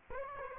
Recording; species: mosquito wingbeat signal from an infrared sensor; Aedes aegypti